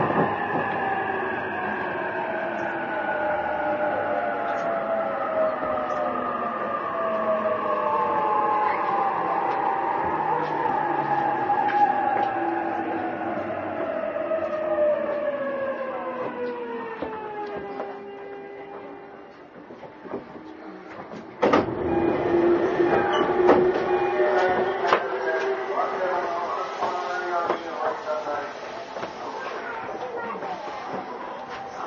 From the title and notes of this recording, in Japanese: JRE233系 横浜ー小田原。ICレコダーで録音しています。乗車の列車は小田原行の列車です。JRE233系3000番台〜。